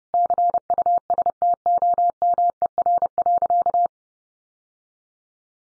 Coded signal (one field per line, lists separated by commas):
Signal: Morse code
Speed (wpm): 30 wpm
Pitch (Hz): 700 Hz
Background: none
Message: CUSTOMER.